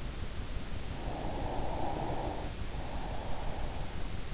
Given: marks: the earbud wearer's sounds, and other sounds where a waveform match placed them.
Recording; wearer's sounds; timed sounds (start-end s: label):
sounds in sleep by an in-ear microphone; breath
0.59-4.12 s: breath